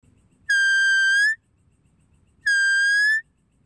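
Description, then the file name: Deer with two drawn-out, even whistles, each turning slightly upward at the end, two seconds apart, with faint low noise between. "Tieng con nai keu"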